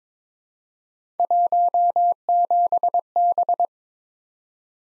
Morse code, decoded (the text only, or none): 17B